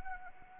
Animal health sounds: mosquito wingbeat signal from an infrared sensor; Anopheles arabiensis

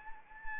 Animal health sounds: mosquito wingbeat signal from an infrared sensor; Anopheles arabiensis

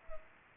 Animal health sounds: mosquito wingbeat signal from an infrared sensor; Culex pipiens

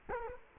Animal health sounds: mosquito wingbeat signal from an infrared sensor; Culex quinquefasciatus

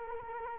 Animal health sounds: mosquito wingbeat signal from an infrared sensor; Culex quinquefasciatus

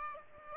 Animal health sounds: mosquito wingbeat signal from an infrared sensor; Aedes albopictus

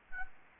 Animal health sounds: mosquito wingbeat signal from an infrared sensor; Anopheles gambiae

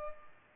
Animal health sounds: mosquito wingbeat signal from an infrared sensor; Culex pipiens

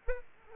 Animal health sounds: mosquito wingbeat signal from an infrared sensor; Aedes albopictus

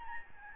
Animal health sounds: mosquito wingbeat signal from an infrared sensor; Aedes albopictus

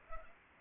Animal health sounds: mosquito wingbeat signal from an infrared sensor; Culex pipiens

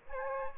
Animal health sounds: mosquito wingbeat signal from an infrared sensor; Aedes aegypti

